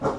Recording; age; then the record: pig call; growing-finishing pig (85 days or more)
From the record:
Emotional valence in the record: positive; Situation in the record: run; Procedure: transit